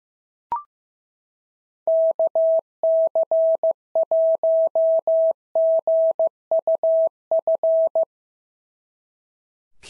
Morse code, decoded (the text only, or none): KC1GUF